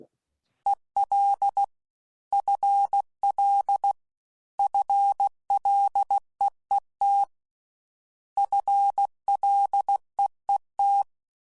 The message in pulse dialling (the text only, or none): none